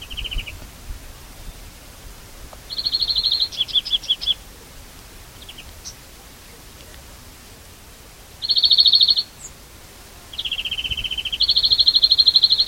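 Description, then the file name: European greenfinch giving rapid twittering trills and dense buzzy rolled phrases, separated by pauses. "Chloris chloris"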